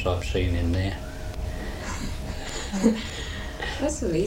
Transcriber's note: laughs